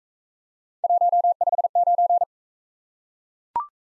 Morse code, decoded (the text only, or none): 159